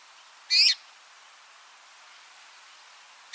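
Red-rumped rosefinch uttering one brief, high call, with the start of another at the end and soft background hiss.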